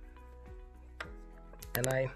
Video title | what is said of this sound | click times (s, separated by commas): How to Terminate Belden EZ-MDVO and Cat 6+ Jacks | so i push this in till it's i hear the click sound | 1.0 s